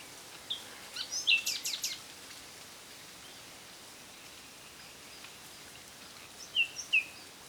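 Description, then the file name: Common nightingale calls: short, high, hooked whistled notes, a couple early on and a pair near the end, with a brief burst of clicks near the start, over quiet background hiss. "Luscinia megarhynchos"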